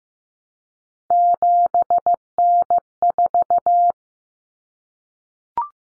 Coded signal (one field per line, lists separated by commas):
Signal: Morse code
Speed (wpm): 15 wpm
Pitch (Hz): 700 Hz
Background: none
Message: 7N4